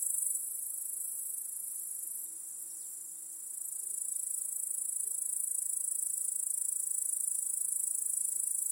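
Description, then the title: High, rapidly pulsed cricket chirping forms a continuous chorus, fading briefly early on before building back up. Crickets in a home backyard at night, chorusing as day turns to night. "Crickets in Your Backyard 🏡. Discovering the Sounds of Home"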